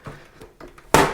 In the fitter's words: here we go it has clicked it does not take much power and much force to do it